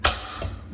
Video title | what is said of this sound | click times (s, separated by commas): Install shower caddy - in easy steps - Install shelf without drilling or hanging on the shower head | there it snaps into place. | 0.1 s